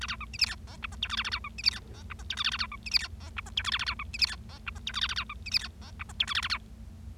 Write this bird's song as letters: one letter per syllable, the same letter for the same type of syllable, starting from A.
A B C D E F G H I J K A A B C D E F G H I J K A A B C D E F G H I J K A A B C D E F G H I J K A A B C D E F G H I J K A A B